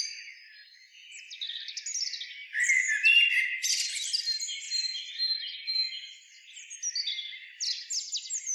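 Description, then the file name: Eurasian blackbird giving thin, high, scratchy twitters that begin softly and grow louder and denser after a few seconds, continuing steadily. "Turdus merula"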